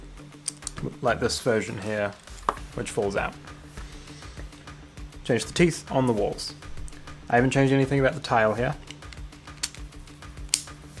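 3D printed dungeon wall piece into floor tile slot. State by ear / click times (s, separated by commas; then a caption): seated / 10.5 s. A 3D printed plastic dungeon wall with re-designed teeth is pushed into the slot of its unchanged floor tile. Someone talks, and then a sharp snap at 10.5 s marks the wall seating firmly so it no longer falls out.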